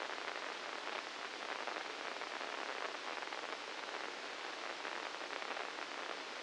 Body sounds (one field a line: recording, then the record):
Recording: brain microelectrode recording played as sound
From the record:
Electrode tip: inside the subthalamic nucleus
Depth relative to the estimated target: -2 mm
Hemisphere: left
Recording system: NeuroSet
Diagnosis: Parkinson's disease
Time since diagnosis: 9 years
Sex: male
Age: 61 years